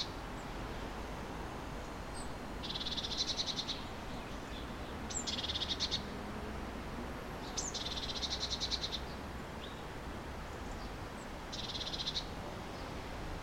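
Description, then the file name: Eurasian blue tit giving four buzzy, churring call bursts, some opening with a thin high note, spaced a few seconds apart over a steady low background hiss. "Cyanistes caeruleus"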